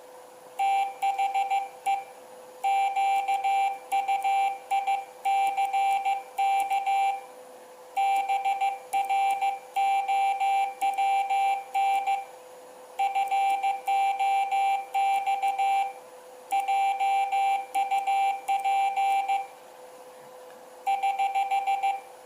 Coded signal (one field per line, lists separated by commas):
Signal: Morse code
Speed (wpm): 15 wpm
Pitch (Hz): 790 Hz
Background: none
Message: THE QUICK BROWN FOX JUP <HH>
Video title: OsKyr - Old-School Keyer, part 2 of 2